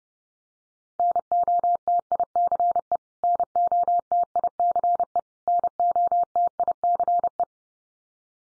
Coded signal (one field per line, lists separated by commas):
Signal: Morse code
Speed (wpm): 30 wpm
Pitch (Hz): 700 Hz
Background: none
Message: NOTICE NOTICE NOTICE